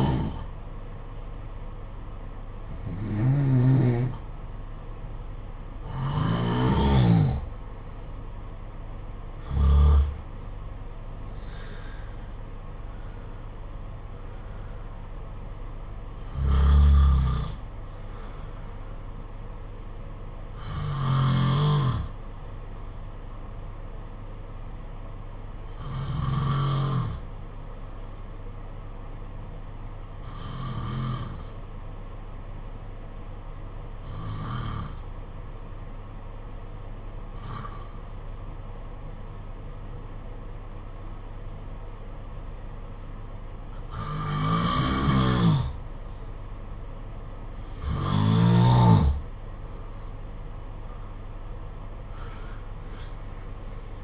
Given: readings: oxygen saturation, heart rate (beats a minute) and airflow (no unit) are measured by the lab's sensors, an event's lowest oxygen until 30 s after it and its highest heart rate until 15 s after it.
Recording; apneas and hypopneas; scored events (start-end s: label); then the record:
breathing in sleep by a smartphone at the bedside; 1
31.00-48.40 s: hypopnea (N1, oxygen 94% highest, then 88% lowest, heart rate 54 at the start, 69 highest)
From the record:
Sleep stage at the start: N1 (lightest sleep); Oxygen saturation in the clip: 90 to 94%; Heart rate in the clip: 54 to 67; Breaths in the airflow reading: 15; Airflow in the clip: -13.5 to 12.0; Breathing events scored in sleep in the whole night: 476 in 9.7 hours asleep